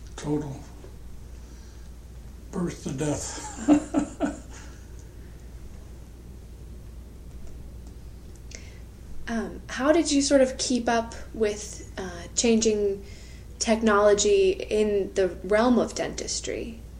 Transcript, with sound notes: total. Birth to death. [laughter]
How did you sort of keep up with changing technology in the realm of dentistry?